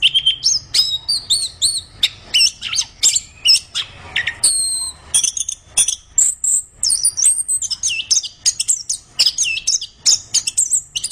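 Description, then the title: Orange-headed thrush song: a long rapid run of high whistles, chirps and short trills, some notes held and wavering. Described as gacor, singing vigorously and continuously. "Anis Kembang Gacor"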